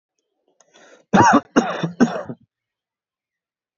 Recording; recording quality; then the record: heavy voluntary cough; excellent, no background noise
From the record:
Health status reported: healthy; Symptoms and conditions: none ticked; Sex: male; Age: 29 years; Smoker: not ticked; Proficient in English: yes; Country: India